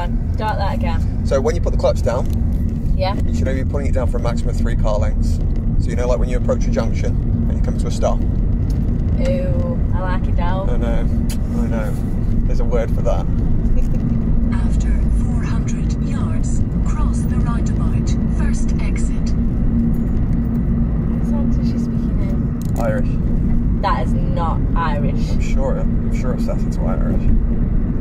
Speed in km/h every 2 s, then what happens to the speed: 29, 31, 44, 39, 44, 47, 47, 48, 50, 50, 47, 48, 50, 50.
0-11 speeds up to 47. 11-28 steady at about 48.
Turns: none.